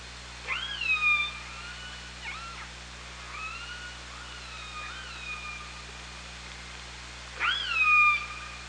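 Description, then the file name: Killer whale calls: loud upswept harmonic calls near the start and the end, with softer wavering tonal calls between them, over a faint low hum. Recorded on the OrcaLab hydrophone, 24 August 2017, around 17:37. "Orca Lab 20170824"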